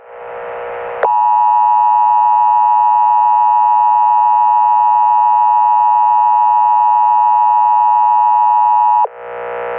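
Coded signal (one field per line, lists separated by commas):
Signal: Emergency Alert System (SAME) tones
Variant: 853 and 960 Hz attention tone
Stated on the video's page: Fictional mini EAS scenario set on Memorial Day.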